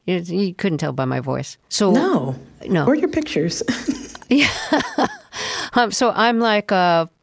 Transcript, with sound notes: You couldn't tell by my voice. So...
No.
No.
Or your pictures (laughter).
Yeah (laughter). So I'm like